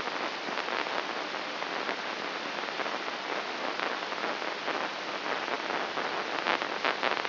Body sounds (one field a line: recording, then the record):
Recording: brain microelectrode recording played as sound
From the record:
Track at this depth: inside the subthalamic nucleus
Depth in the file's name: 4.883 mm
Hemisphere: left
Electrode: 2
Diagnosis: Parkinson's disease